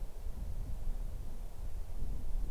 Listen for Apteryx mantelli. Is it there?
no